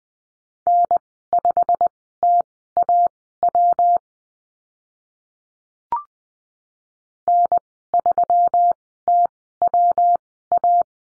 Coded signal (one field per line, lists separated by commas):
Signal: Morse code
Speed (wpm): 20 wpm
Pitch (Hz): 700 Hz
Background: none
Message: N5TAW N3TWA